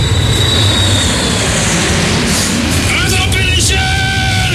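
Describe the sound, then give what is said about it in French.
A propeller airplane drones past overhead, a loud, steady engine roar with a low rumble, joined near the end by higher whining tones that waver as it goes by. “C'est une chaussette pilotant un avion qui passe nous chercher, c'est bien ça?”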